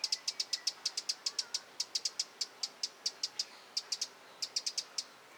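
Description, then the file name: Eurasian wren giving sharp, dry tick calls in quick bursts, several per second with brief pauses between groups. "Troglodytes troglodytes"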